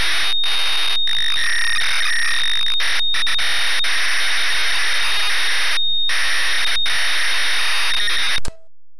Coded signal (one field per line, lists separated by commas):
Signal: ZX Spectrum tape loading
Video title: West Bank (1985) ZX Spectrum game